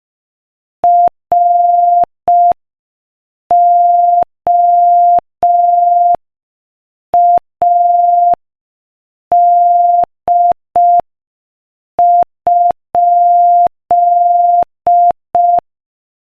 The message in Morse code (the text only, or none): ROAD?